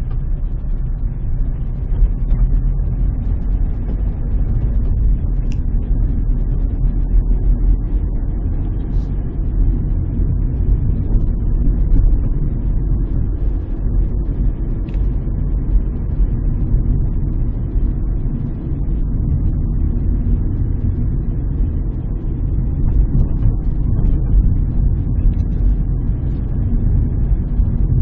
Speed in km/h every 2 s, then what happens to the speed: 17, 24, 28, 33, 36, 36, 37, 37, 36, 35, 35, 33, 34, 36.
0-8 speeds up to 36. 8-28 steady at about 36.